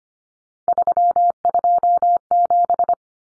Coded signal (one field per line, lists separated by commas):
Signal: Morse code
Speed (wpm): 25 wpm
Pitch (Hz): 700 Hz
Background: none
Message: 327